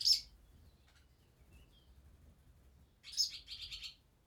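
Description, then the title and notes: Swallow chicks make loud high buzzy chirps, one burst at the start, then a rapid run of several chirps after a quiet pause. "BB HIRONDELLES CAVE, 39800 Chaussenans, France - BÉBÉ HIRONDELLES NID DANS LA CAVE. NID D'HIRONDELLES DANS LA CAVE EN PROXIMITÉ. Les Bébé bougent dans leur nid et leur parents viennent les nourrir"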